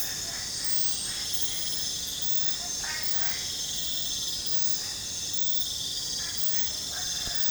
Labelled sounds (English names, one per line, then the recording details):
none
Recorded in pastures near Puerto Asís, Putumayo, Colombia, on 20 December 2024 at 23:00
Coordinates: 0.466, -76.322
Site G040